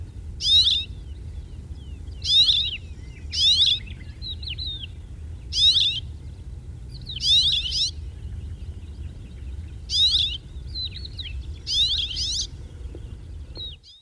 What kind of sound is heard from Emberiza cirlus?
call